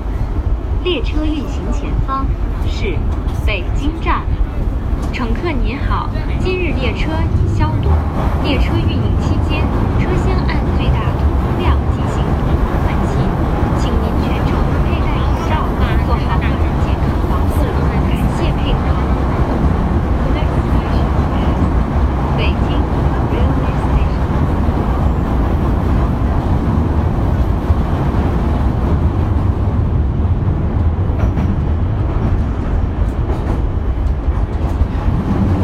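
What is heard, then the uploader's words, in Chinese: A ride on Beijing Subway Line 2, filled with a steady, dense low rumble from the moving train that holds an even level for the full length. Voices and short clicks and clatters come through over the first half, thinning out after about twenty seconds. 北京地铁二号线。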